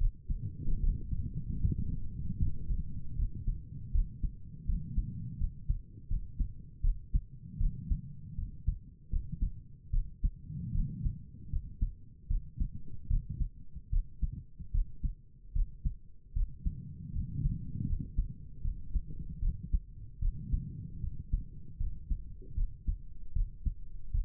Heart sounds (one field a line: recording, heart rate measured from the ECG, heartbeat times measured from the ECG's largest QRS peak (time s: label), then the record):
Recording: heart sounds by stethoscope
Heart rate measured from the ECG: 77 bpm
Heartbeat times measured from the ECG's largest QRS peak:
0.81 s: heartbeat
1.61 s: heartbeat
2.39 s: heartbeat
3.17 s: heartbeat
3.93 s: heartbeat
4.67 s: heartbeat
5.39 s: heartbeat
6.09 s: heartbeat
6.82 s: heartbeat
7.59 s: heartbeat
8.37 s: heartbeat
9.11 s: heartbeat
9.92 s: heartbeat
10.73 s: heartbeat
11.51 s: heartbeat
12.29 s: heartbeat
13.09 s: heartbeat
13.91 s: heartbeat
14.73 s: heartbeat
15.54 s: heartbeat
16.34 s: heartbeat
17.14 s: heartbeat
17.87 s: heartbeat
18.63 s: heartbeat
19.41 s: heartbeat
20.21 s: heartbeat
21.02 s: heartbeat
21.79 s: heartbeat
22.56 s: heartbeat
23.34 s: heartbeat
24.13 s: heartbeat
From the record:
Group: healthy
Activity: cold pressor test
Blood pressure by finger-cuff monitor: 90/58 mmHg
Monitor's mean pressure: 66 mmHg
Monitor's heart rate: 77 bpm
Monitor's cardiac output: 6 L/min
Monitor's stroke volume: 78 mL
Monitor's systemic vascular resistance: 790 dyn s/cm5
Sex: female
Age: 22 years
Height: 163 cm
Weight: 67.1 kg